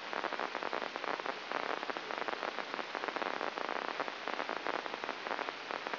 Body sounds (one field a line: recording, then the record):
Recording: brain microelectrode recording played as sound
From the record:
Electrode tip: inside the subthalamic nucleus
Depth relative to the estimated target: -1 mm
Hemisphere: right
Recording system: AlphaMap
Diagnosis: Parkinson's disease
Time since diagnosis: 19 years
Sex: male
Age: 59 years